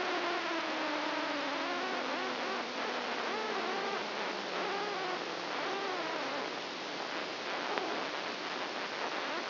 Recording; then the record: brain microelectrode recording played as sound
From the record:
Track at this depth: inside the subthalamic nucleus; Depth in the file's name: 3.004 mm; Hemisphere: right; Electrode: 2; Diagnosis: Parkinson's disease